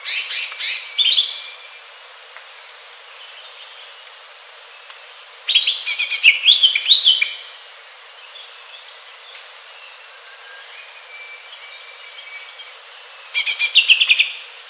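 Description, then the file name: Greater green leafbird song in three bursts of quick, varied chirps and twittering notes, with quiet gaps between phrases and a soft background hiss. "cucak hijau alam liar"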